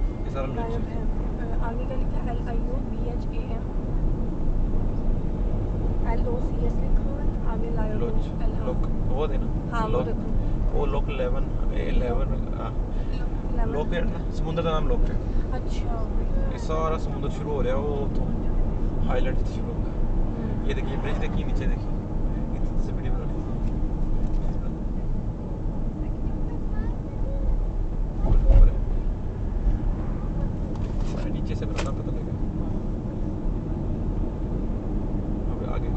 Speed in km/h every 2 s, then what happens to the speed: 58, 58, 60, 61, 58, 58, 60, 61, 61, 61, 60, 55, 53, 48, 47, 44, 45, 45.
0-18 steady at about 60. 18-30 slows to 44. 30-36 steady at about 45.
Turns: none.